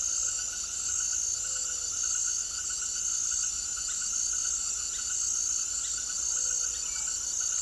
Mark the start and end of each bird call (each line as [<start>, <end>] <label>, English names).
[0.00, 2.04] Gray-fronted Dove
[3.81, 6.90] unidentified bird
[6.17, 6.94] Gray-fronted Dove